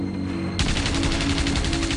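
A low engine-like drone with steady tones gives way to a sudden, loud burst of rapid automatic cannon fire from Typhoon fighter-bombers' 20 mm cannons, a dense rattling stream of shots continuing to the end.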